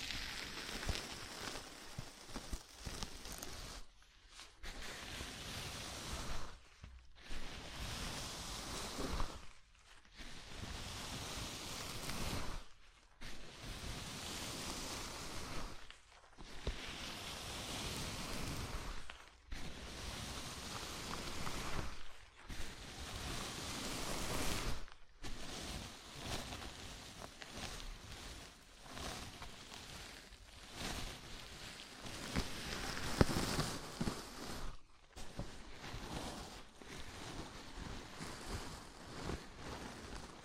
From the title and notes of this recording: ASMR Sleepy Scalp Massage (No Talking).